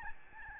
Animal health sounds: mosquito wingbeat signal from an infrared sensor; Aedes albopictus

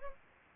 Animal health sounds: mosquito wingbeat signal from an infrared sensor; Anopheles gambiae

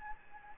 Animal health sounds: mosquito wingbeat signal from an infrared sensor; Anopheles gambiae

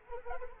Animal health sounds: mosquito wingbeat signal from an infrared sensor; Anopheles arabiensis

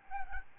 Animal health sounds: mosquito wingbeat signal from an infrared sensor; Aedes albopictus

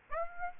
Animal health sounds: mosquito wingbeat signal from an infrared sensor; Aedes aegypti

